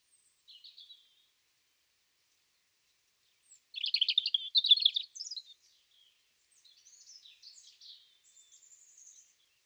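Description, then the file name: European robin: a short thin note, a pause, then a dense run of jumbled high twittering notes, trailing into soft, scattered high squeaks and a thin whistle. "Erithacus rubecula"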